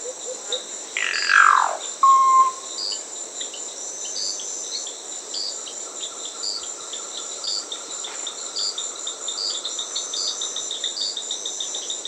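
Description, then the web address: Solitary Cacique giving a loud, harsh downward-sweeping call followed by a brief clear whistle, over a steady high-pitched insect chorus. South America. "S America Solitary Cacique (Cacicus solitarius"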